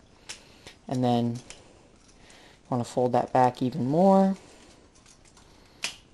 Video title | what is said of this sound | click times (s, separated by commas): Transformers Revenge of the Fallen Voyager Mindwipe | until you hear like until you hear a click | 5.8 s